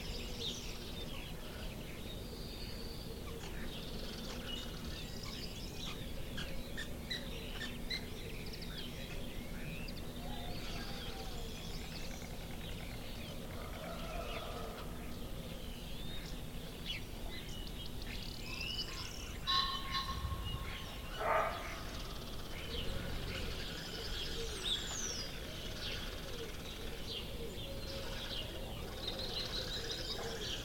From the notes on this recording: the gentle cooing of doves to the playful warbling of canaries